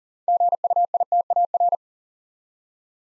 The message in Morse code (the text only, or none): GUITAR